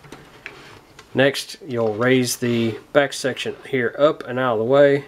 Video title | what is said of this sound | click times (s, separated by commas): Transformers Combiner Wars Titan Class Devastator Review Part 1 | just flip it over and just picks right in that's the click next | 0.5 s